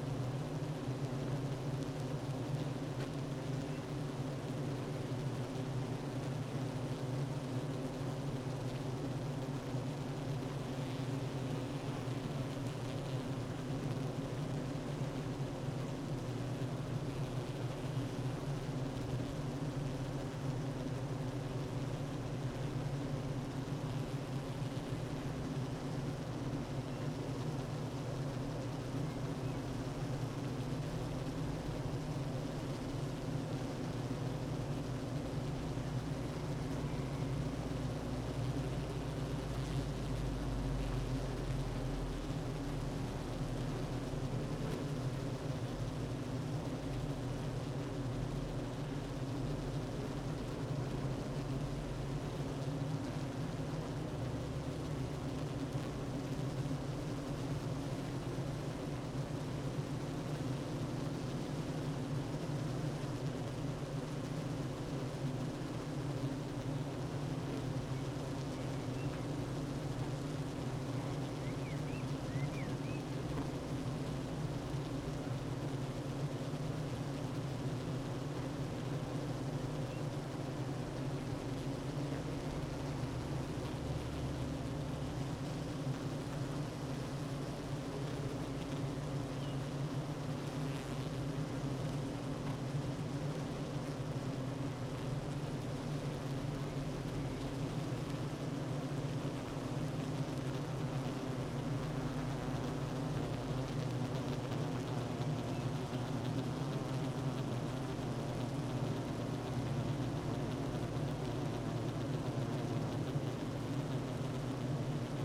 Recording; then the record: honeybee colony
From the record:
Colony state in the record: active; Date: 12 June 2018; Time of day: 9:40